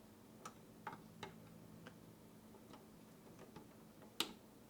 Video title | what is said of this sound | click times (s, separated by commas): How to Build a PC, Step by Step, Slow & Easy Computer Build Guide | and there you go you heard that one click that time so | 4.2 s